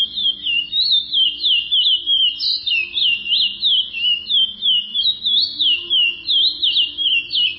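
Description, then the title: Chestnut-bellied seed finch singing an unbroken series of clear, sweeping whistled notes, rhythmically repeated roughly three times each second. "Canto De Curio"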